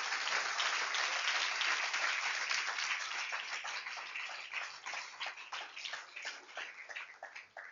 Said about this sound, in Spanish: Entonces, denle un aplauso al Señor.